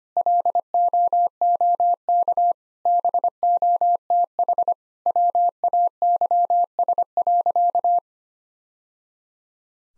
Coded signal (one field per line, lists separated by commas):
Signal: Morse code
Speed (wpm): 25 wpm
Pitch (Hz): 700 Hz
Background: none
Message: LOOK BOTH WAYS.